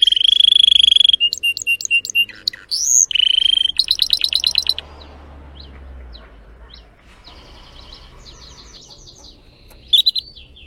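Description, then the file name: Canary song of the Spanish Timbrado type: ringing notes, a few slurred whistles and a chattering trill in the first five seconds, then a quiet stretch with only faint notes and a final brief phrase. "canto do canario belga timbrado espanhol"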